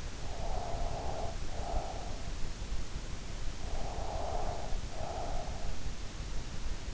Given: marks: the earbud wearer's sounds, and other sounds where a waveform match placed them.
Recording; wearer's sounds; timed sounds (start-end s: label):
sounds in sleep by an in-ear microphone; breath
0.24-2.25 s: breath
3.70-5.68 s: breath